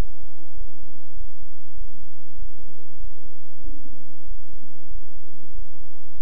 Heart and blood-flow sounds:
heart sounds by stethoscope; between the tricuspid and mitral areas; 96 bpm
0.54 s: heartbeat
1.14 s: heartbeat
1.74 s: heartbeat
2.35 s: heartbeat
2.97 s: heartbeat
3.61 s: heartbeat
4.25 s: heartbeat
4.88 s: heartbeat
5.52 s: heartbeat
6.15 s: heartbeat
From the record:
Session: bicycle stress test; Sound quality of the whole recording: good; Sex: male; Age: 26 years

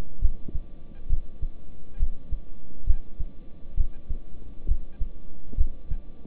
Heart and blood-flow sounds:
heart sounds by stethoscope; between the tricuspid and mitral areas; 67 bpm
0.19 s: heartbeat
1.07 s: heartbeat
1.97 s: heartbeat
2.85 s: heartbeat
3.75 s: heartbeat
4.66 s: heartbeat
5.55 s: heartbeat
From the record:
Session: rest, lying down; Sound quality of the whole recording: good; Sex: male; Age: 26 years

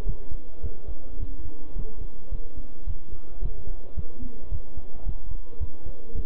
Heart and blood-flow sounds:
heart sounds by stethoscope; between the tricuspid and mitral areas; 108 bpm
0.07 s: heartbeat
0.63 s: heartbeat
1.20 s: heartbeat
1.76 s: heartbeat
2.32 s: heartbeat
2.87 s: heartbeat
3.42 s: heartbeat
3.97 s: heartbeat
4.52 s: heartbeat
5.06 s: heartbeat
5.61 s: heartbeat
6.15 s: heartbeat
From the record:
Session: bicycle stress test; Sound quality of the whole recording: good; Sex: male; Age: 23 years

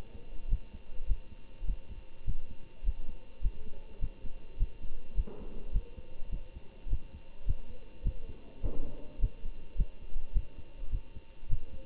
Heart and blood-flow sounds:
heart sounds by stethoscope; between the tricuspid and mitral areas; 104 bpm
0.48 s: heartbeat
1.06 s: heartbeat
1.65 s: heartbeat
2.25 s: heartbeat
2.83 s: heartbeat
3.41 s: heartbeat
4.00 s: heartbeat
4.58 s: heartbeat
5.14 s: heartbeat
5.72 s: heartbeat
6.30 s: heartbeat
6.88 s: heartbeat
7.45 s: heartbeat
8.03 s: heartbeat
8.61 s: heartbeat
9.19 s: heartbeat
9.76 s: heartbeat
10.33 s: heartbeat
10.90 s: heartbeat
11.48 s: heartbeat
From the record:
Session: Bruce protocol treadmill stress test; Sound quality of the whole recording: good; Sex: male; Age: 25 years

